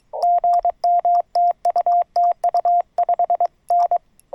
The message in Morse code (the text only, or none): GM TU TU 5N